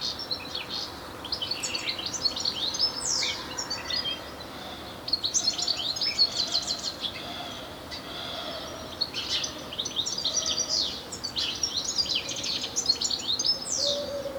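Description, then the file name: European Goldfinch twittering: bursts of high, tinkling chirps and sweeping slurred notes, pausing briefly around four seconds, then resuming in lively clusters. "Carduelis carduelis"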